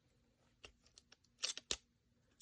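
A clipboard hardware post is pushed in from the back through a single-pour resin clipboard and into its mating piece, with soft handling clicks and rustles before a sharp snap at 1.7 s. The post snaps into place, but the hardware is still loose because the resin is too thin.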